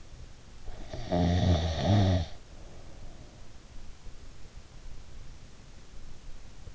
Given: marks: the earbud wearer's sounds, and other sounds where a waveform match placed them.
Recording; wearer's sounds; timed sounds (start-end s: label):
sounds in sleep by an in-ear microphone; snoring breath
0.86-2.37 s: snoring breath